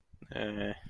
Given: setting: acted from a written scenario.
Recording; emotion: vocal sound without words; contempt